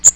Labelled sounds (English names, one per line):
Magnolia Warbler flight call